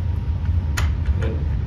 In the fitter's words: And push until we hear that click.